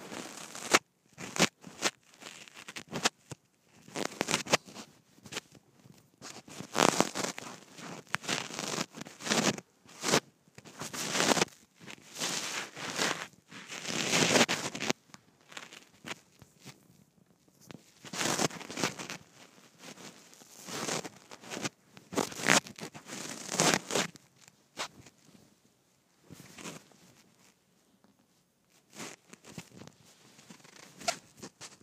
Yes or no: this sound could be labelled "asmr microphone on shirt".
yes